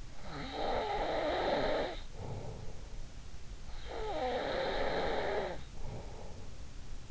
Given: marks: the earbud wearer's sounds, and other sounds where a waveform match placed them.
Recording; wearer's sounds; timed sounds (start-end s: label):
sounds in sleep by an in-ear microphone; snoring breath
0.31-2.77 s: snoring breath
3.81-6.47 s: snoring breath